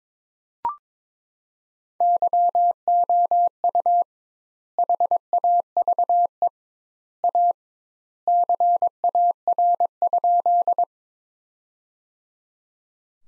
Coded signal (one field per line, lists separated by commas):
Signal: Morse code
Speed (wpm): 23 wpm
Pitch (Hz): 700 Hz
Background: none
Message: YOU HAVE A CAR?